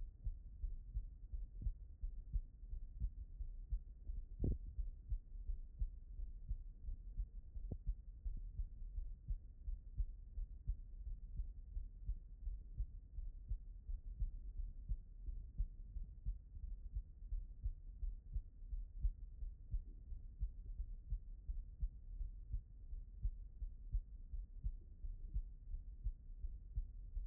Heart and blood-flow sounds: heart sounds by stethoscope; pulmonary valve (PV)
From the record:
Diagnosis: non-HFrEF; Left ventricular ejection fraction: 58%

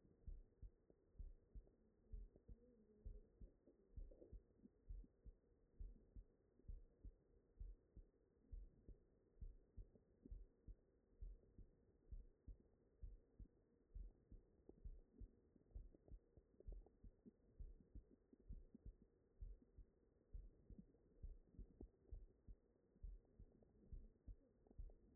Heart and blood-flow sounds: heart sounds by stethoscope; mitral valve (MV)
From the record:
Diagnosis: non-HFrEF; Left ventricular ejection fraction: 69%

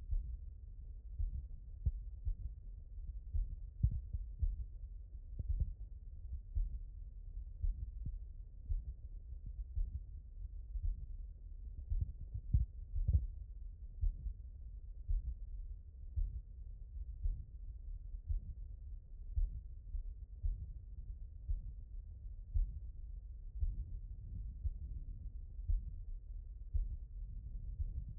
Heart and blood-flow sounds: heart sounds by stethoscope; pulmonary valve (PV)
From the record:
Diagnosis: non-HFrEF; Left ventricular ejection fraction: 55%

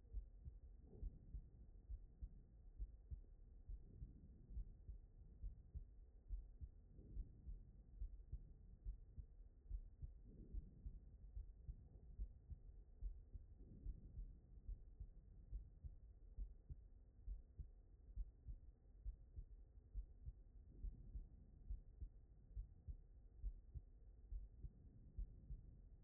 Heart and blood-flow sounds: heart sounds by stethoscope; aortic valve (AV)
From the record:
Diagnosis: non-HFrEF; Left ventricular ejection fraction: 69%

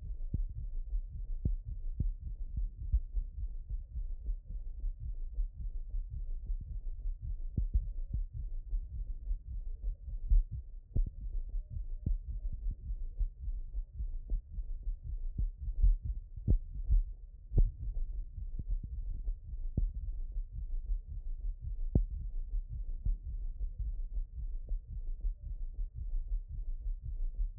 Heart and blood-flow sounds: heart sounds by stethoscope; pulmonary valve (PV)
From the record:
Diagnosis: HFrEF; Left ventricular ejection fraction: 17%

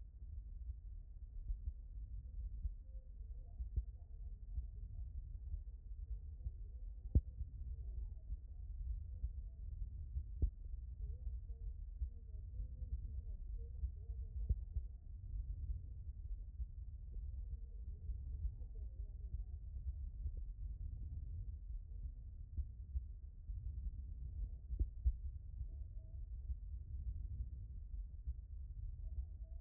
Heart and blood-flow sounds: heart sounds by stethoscope; aortic valve (AV)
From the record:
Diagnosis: non-HFrEF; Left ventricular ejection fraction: 65%

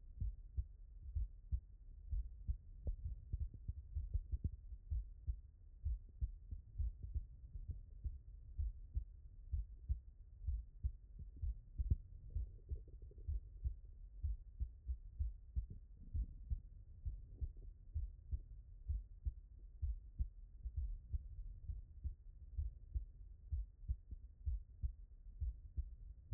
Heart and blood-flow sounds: heart sounds by stethoscope; tricuspid valve (TV)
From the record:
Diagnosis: non-HFrEF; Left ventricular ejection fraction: 60%

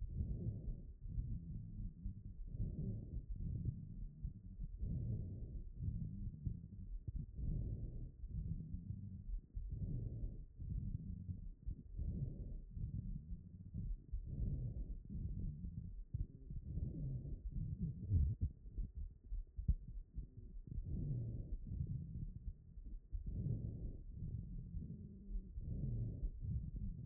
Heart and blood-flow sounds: heart sounds by stethoscope; aortic valve (AV)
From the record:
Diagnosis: non-HFrEF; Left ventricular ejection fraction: 43%

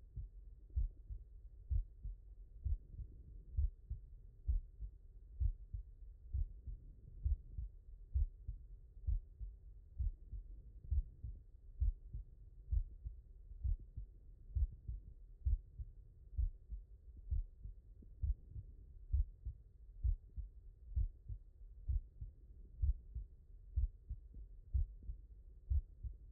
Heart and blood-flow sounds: heart sounds by stethoscope; mitral valve (MV)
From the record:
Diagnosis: non-HFrEF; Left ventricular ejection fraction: 50%

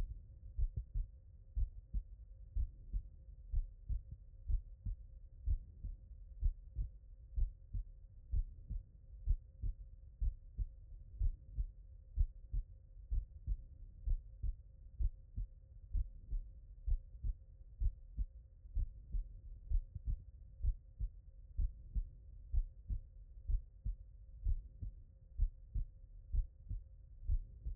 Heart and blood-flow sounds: heart sounds by stethoscope; tricuspid valve (TV)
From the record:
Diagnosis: non-HFrEF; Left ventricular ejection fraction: 66%

